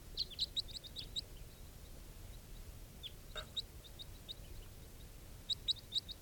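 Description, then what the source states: Crossbill calls: sharp, high chipping notes in short clusters at the start, in the middle and again toward the end. Captive bird number 431, caught from a small flock of four.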